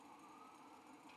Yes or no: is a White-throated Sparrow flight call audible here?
no